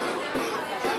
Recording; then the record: coughing mixed with background sound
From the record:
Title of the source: Coughing 77